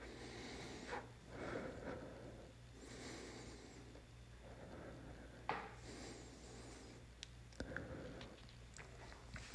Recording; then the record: deep breathing after running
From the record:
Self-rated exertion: vigorous exertion (4 of 6); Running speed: 9 miles an hour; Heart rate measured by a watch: 102 beats a minute at the start, 104 at the end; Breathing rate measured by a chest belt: 17 breaths a minute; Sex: male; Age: 27 years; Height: 185 cm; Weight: 76 kg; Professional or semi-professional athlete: no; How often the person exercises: over 5 times a week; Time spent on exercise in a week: over 5 hours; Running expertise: no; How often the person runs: over 5 times a week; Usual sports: running, weight training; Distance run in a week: 65 km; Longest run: 42 km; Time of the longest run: 214 minutes